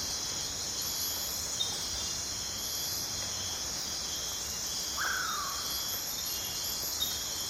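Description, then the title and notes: Insects in a dense, continuous high-pitched chorus with several steady buzzing layers; a brief descending whistle sounds once later. Deep in the Amazon rainforest at night, calm; constant, multi-layered, continuously changing piercing chorus. "Amazon rainforest - calm night. Deep in the Amazon rainforest at night there's fog drip, soft wind and occasionally deadfall. The piercing chorus of insects is constant, multi-layered and continuously changing"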